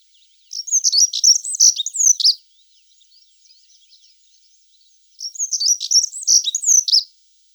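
Black-throated accentor song: two short bursts of high, rapid warbling twitters about two seconds long, separated by a pause with faint scattered chips.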